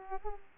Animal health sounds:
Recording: mosquito wingbeat signal from an infrared sensor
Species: Aedes aegypti

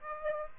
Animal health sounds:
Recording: mosquito wingbeat signal from an infrared sensor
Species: Aedes aegypti

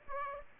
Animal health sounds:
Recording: mosquito wingbeat signal from an infrared sensor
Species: Aedes aegypti

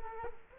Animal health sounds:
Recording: mosquito wingbeat signal from an infrared sensor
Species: Culex quinquefasciatus

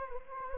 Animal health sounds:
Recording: mosquito wingbeat signal from an infrared sensor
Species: Anopheles arabiensis

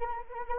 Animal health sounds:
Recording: mosquito wingbeat signal from an infrared sensor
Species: Anopheles arabiensis

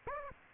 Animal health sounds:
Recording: mosquito wingbeat signal from an infrared sensor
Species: Aedes aegypti

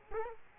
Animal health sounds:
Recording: mosquito wingbeat signal from an infrared sensor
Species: Culex quinquefasciatus

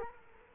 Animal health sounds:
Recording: mosquito wingbeat signal from an infrared sensor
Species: Culex quinquefasciatus

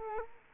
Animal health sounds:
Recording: mosquito wingbeat signal from an infrared sensor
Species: Culex quinquefasciatus

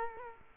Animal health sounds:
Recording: mosquito wingbeat signal from an infrared sensor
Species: Culex quinquefasciatus

